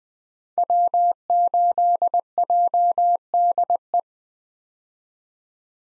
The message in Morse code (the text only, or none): W8JDE